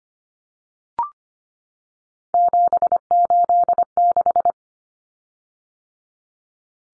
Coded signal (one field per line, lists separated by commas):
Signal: Morse code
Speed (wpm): 25 wpm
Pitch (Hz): 700 Hz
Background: none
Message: 786